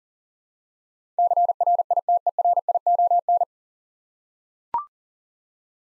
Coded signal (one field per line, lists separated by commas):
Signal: Morse code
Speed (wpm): 40 wpm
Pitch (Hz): 700 Hz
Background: none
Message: CRITERION